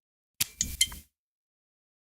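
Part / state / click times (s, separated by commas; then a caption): game controller onto handheld console / seated / 0.4 s, 0.6 s, 0.8 s. A handheld game controller is attached to the side of a Switch 2 console, held on by magnets with a latch. There are sharp clicks at 0.4 s, 0.6 s and 0.8 s, with a short rattle between them, and the controller snaps firmly into place and is seated.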